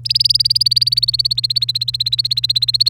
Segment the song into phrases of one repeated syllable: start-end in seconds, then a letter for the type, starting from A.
0.05-2.89 A